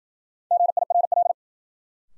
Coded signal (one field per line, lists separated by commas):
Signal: Morse code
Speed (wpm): 54 wpm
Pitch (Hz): 700 Hz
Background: none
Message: GIRL